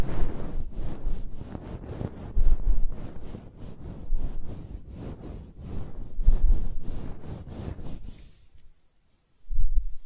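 Close-up hair being scratched and brushed, with quick, regular strokes repeating several times a second as a dense, rough rustle with a heavy low rumble. The strokes swell and ease in waves, stop shortly after eight seconds, then one brief scrape follows.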